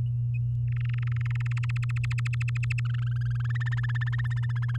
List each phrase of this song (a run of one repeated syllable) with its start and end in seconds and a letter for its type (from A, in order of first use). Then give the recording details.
0.68-1.98 A, 2.04-2.80 B, 2.85-3.57 C, 3.60-4.77 D. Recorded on 10 May 2018 at 16:24. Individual llb16